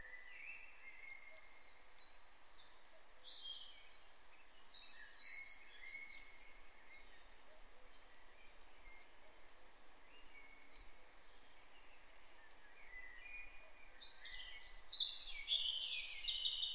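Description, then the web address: European robin song: high, jumbled, sliding notes, loudest in two twittering bursts, one early and one near the end, with fainter notes between over quiet steady hiss. "SETE data Erithacus rubecula"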